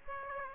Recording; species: mosquito wingbeat signal from an infrared sensor; Aedes aegypti